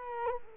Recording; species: mosquito wingbeat signal from an infrared sensor; Culex quinquefasciatus